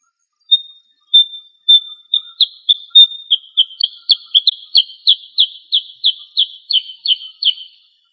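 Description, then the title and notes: Bird song of bright, clipped chirps that begin spaced and then quicken into a steady run of repeated notes, with no other clear sounds. Indonesian birdsong. "Kicau Burung Indonesia"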